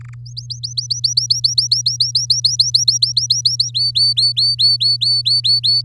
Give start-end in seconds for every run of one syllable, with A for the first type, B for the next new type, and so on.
0.01-0.14 A, 0.26-3.70 B, 3.74-5.82 C